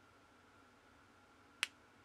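A USB charging cable plug is pushed firmly into the port of a small plastic Soundlogic XT Blue universal selfie LED flash adapter. A single short, bright snap lands at 1.6 s over a faint steady hum. The snap shows the plug is seated properly.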